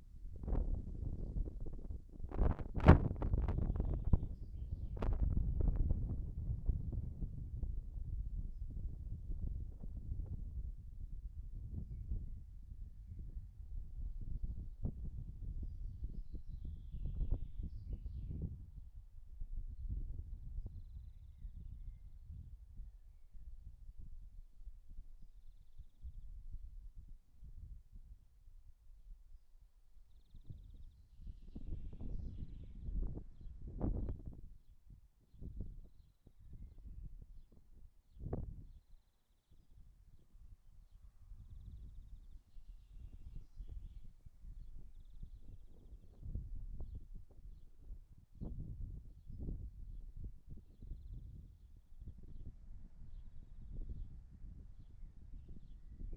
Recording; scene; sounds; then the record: everyday scene through a hearing-aid microphone; wind on the microphone; wind, birds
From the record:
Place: in front of a rural house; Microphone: behind the ear, right, rear